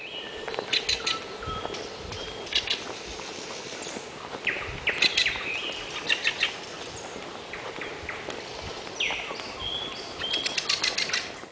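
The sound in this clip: Bird calls: quick, high chirps and short trills in scattered bursts, clustering around the middle and end.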